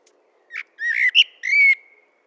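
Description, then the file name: Eurasian blackbird: a brief note, then a slurred mellow warble and a level drawn-out whistle that fades away. "Turdus merula"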